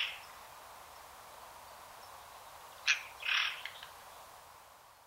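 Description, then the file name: Eurasian jay call: a sharp click followed by a short, noisy rasping note against a constant hiss. "Garrulus glandarius"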